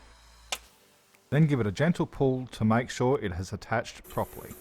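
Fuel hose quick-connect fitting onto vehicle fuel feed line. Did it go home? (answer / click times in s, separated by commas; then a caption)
yes / 0.5 s. The quick-connect end of a fuel hose, part of a Donaldson diesel pre-filter installation on an MV Mitsubishi Triton, is pushed onto the fuel feed line in the wheel arch. A single sharp click is heard at 0.5 s as the fitting seats, and then someone talks.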